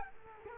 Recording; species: mosquito wingbeat signal from an infrared sensor; Culex quinquefasciatus